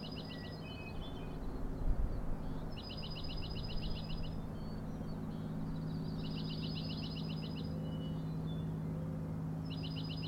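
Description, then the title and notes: Common nighthawk rattling calls: several dense, high pulsed trains separated by pauses, over a steady low hum. Three birds rattling, flying one after another in very close formation near the recordist, Schoodic Head overlook, Acadia National Park, Winter Harbor, Maine; 16 June 2017, 4am. "Common Nighthawks, Schoodic Head 061617 4am. 3 common nighthawks making peenting calls and wings booms but also a rattling noise at the Overlook (410 ft) on Schoodic Head (435 feet) Schoodic division Acadia National Park Winter Harbor, ME"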